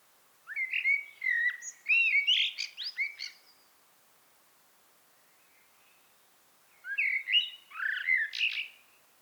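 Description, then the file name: Common blackbird giving two phrases of warbling, fluty whistles, each ending in high, squeaky twitters, with a quiet gap of about three seconds between them. "Turdus merula"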